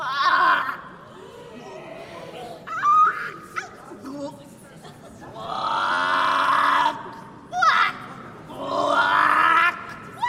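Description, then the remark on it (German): A female opera singer who has collapsed on an opera house stage croaks like a toad, making several rough, guttural, drawn-out croaks in a repeated pattern with short gaps between them, fairly loud and with no other sounds. “Sie ging zu Boden und begann auf einmal wie eine Kröte zu quaken.”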